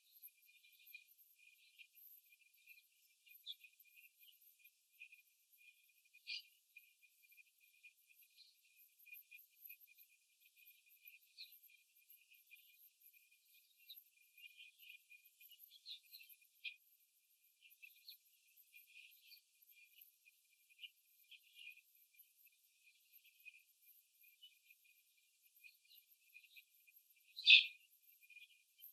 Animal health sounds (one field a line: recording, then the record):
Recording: young laying hens in a cage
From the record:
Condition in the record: after the stressor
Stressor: simulated dog barking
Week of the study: 3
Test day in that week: 2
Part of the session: 2